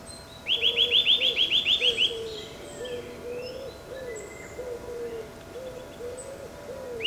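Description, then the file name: Eurasian nuthatch call: a fast ringing trill of about a dozen rising notes, with another bird's lower, slurred notes repeating steadily underneath. "Sitta europaea"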